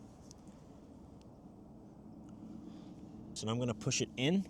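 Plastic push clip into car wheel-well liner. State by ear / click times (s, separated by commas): not seated / none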